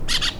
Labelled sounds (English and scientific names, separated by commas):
Brown-throated Parakeet (Eupsittula pertinax) contact call